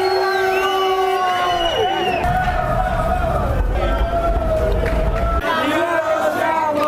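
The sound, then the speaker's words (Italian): Inter football fans celebrate in the streets from Piazza Duomo to Moscova, the Navigli and Porta Romana, with flags, banners and slogans: a loud, steady crowd roar with whoops and shouts, while sustained car horns blare and overlap in chaotic traffic, changing pitch now and then. “Da Piazza Duomo a Moscova, dai Navigli a Porta Romana, il fiume festaiolo degli interisti è senza soluzione di continuità. Bandiere, striscioni e slogan, clacson e traffico impazzito.”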